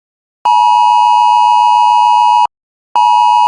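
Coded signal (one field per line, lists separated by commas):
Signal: Emergency Alert System (SAME) tones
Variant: 853 and 960 Hz attention tone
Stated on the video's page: Remastered fictional EAS scenario about a Yellowstone supervolcano eruption.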